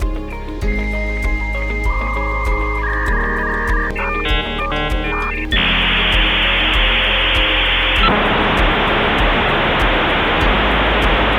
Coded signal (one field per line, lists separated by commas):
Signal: dial-up modem handshake